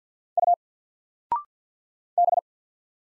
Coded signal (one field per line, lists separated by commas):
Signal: Morse code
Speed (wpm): 50 wpm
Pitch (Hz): 700 Hz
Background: none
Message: U B